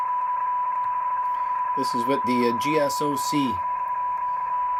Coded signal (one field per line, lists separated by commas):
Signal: PSK31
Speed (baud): 31.25 baud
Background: speech, radio noise